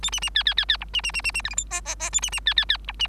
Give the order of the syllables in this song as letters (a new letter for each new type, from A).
A B B C C C C D B B B B B E F G H H H A B B C C C D B